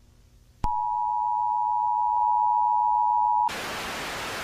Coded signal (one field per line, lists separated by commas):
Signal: Emergency Alert System (SAME) tones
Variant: 853 and 960 Hz attention tone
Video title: rating some old eas alarms